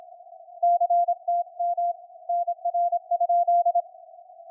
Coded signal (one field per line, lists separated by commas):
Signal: Morse code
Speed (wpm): 27 wpm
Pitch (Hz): 700 Hz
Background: none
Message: CTM NR?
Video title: SunSDR2DX using SDC (Software Defined Connectors) app and 5M Contest Log + plus a little CW WAE